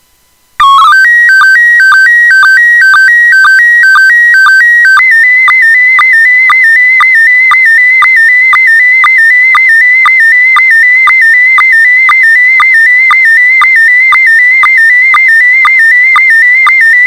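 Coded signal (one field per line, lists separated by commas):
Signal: SSTV (slow-scan television)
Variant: PD 120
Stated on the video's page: Club meeting held over the air on the 448.600 MHz repeater, on slow-scan TV.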